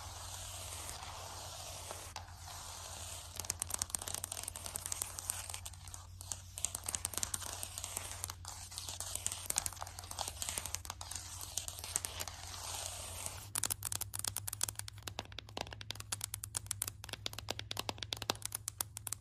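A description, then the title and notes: Tapping and scratching on a floor: a dense, crinkly rustle of dry scratches with quick taps scattered throughout. Around thirteen seconds the texture changes to sharper, more separated taps, while a low steady hum runs underneath. ASMR Floor Tapping and Scratching, Build up Tapping,(No Talking).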